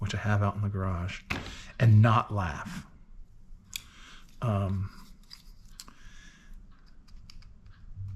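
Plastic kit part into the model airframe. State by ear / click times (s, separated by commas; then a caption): seated / 7.3 s. Someone talks at the start, and then a plastic model kit airframe part is pressed together on the fuselage, with small plastic handling clicks and taps. The part snaps into place with a sharp click at 7.3 s, and it is confirmed seated.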